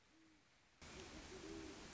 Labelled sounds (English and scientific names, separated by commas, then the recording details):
Great Horned Owl (Bubo virginianus)
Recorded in Sonoma County, California